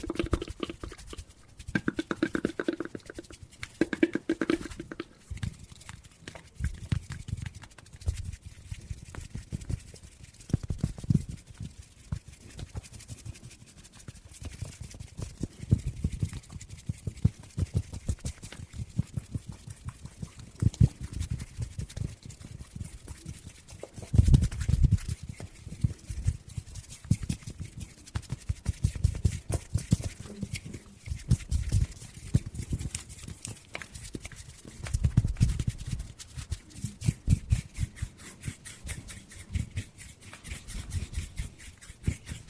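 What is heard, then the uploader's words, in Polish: ASMR hand sounds: a constant dense crackle of skin rubbing and scratching, made of many tiny fast clicks that run through the whole clip. Heavier, lower swishes swell in now and then, notably at the start and around 24 and 35 seconds. ASMR DŹWIĘKI DŁONI 40 MINUT! 50+ DŹWIĘKÓW.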